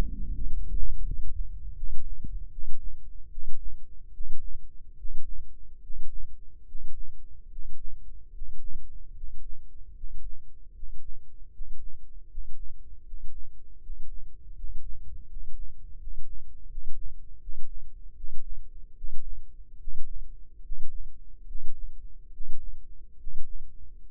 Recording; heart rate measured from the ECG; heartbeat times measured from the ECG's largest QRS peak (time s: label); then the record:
heart sounds by microphone in the left ear; 76 bpm
0.31 s: heartbeat
1.01 s: heartbeat
1.73 s: heartbeat
2.49 s: heartbeat
3.29 s: heartbeat
4.11 s: heartbeat
4.95 s: heartbeat
5.79 s: heartbeat
6.64 s: heartbeat
7.47 s: heartbeat
8.30 s: heartbeat
9.12 s: heartbeat
9.93 s: heartbeat
10.72 s: heartbeat
11.50 s: heartbeat
12.26 s: heartbeat
13.02 s: heartbeat
13.78 s: heartbeat
14.53 s: heartbeat
15.25 s: heartbeat
15.96 s: heartbeat
16.67 s: heartbeat
17.38 s: heartbeat
18.13 s: heartbeat
18.94 s: heartbeat
19.77 s: heartbeat
20.61 s: heartbeat
21.45 s: heartbeat
22.30 s: heartbeat
23.16 s: heartbeat
24.03 s: heartbeat
From the record:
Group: healthy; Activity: Valsalva maneuver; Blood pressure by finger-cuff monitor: 108/60 mmHg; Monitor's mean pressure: 70 mmHg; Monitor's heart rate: 76 bpm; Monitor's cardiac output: 7.3 L/min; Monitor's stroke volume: 95 mL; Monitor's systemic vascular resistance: 660 dyn s/cm5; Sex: male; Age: 35 years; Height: 180 cm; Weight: 86.9 kg